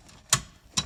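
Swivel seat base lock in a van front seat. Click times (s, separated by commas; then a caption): 0.3 s, 0.8 s. A van front seat is spun around on its new swivel base until the swivel lock engages. Two sharp metallic knocks are heard at 0.3 s and 0.8 s, and the swivel seat base locks into place.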